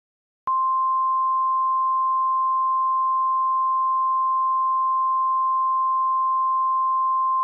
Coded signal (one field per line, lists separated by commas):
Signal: Emergency Alert System (SAME) tones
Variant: 1050 Hz attention tone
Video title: (Eas scenario) red or green